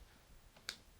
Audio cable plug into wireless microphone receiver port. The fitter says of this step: it, and make sure that you hear that particular click sound